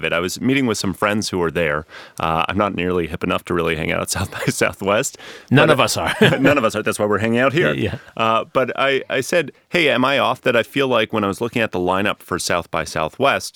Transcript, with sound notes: I was meeting with some friends who were there— I’m not nearly hip enough to really hang out at South by Southwest.
None of us are. (laughs)
None of us are, that’s why we’re hanging out here. But I said, “Hey, am I off that I feel like when I was looking at the lineup for South by Southwest,